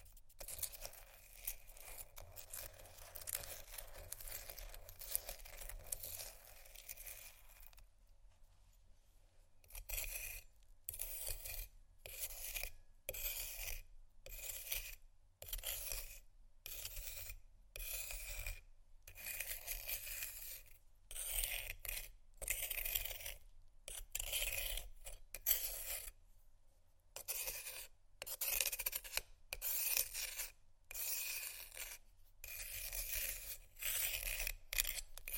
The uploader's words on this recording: Ice Scratch & Tap. No Talking.